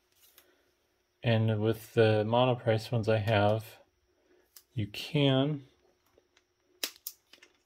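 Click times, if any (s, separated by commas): 6.8 s, 7.1 s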